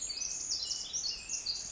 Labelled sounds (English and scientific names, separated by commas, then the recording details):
Pacific Wren (Troglodytes pacificus)
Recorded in Sonoma County, California